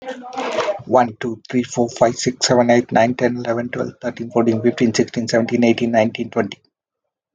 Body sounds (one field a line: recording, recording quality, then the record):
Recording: counting at a fast pace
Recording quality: excellent, no background noise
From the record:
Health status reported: healthy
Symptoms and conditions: none ticked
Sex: male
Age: 41 years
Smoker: not ticked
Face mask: not worn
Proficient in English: yes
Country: India